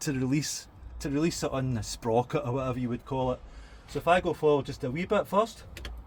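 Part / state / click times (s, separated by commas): locking mechanism on a chair sprocket / released / 5.9 s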